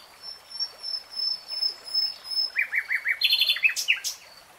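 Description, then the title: Nightingale song beginning with thin, sustained high whistles, then a run of repeated notes and sharp, loud clicks. Nightingale singing in real time. "[Tiếng chim hót] REALTIME Nightingale Singing"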